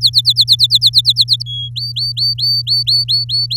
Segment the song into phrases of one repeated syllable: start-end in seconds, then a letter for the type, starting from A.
0.01-1.43 A, 1.46-1.69 B, 1.76-3.56 C